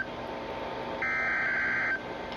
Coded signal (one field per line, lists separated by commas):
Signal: Emergency Alert System (SAME) tones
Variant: header bursts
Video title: EAS- VEF NWR Required Weekly Test on WXL36/ WNG634 for 7/23